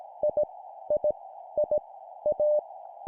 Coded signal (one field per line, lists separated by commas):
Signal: Morse code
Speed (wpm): 18 wpm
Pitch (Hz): 600 Hz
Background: none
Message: I I I A